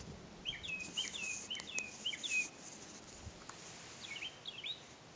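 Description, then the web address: Bird chirping, a quick run of short high slurred notes in the first half, then a few fainter chirps after a pause, with steady background hiss. "misc bird"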